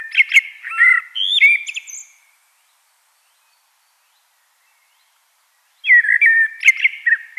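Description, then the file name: Common blackbird song phrase of mellow whistles and high twitters, then a long silence before another warbling phrase begins. "Turdus merula"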